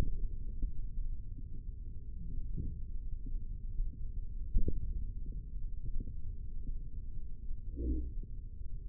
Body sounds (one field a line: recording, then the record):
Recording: forearm muscle sounds (acoustic myography)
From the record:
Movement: index flexion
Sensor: system 3, bracelet of six PUI Audio POM-2738L microphones around the upper forearm, with dedicated amplification and filtering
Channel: 6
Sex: male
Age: 55 years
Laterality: right